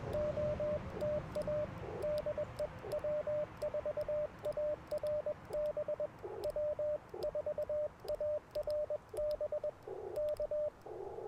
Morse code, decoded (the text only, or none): OTA DE W4ARB W4ARB K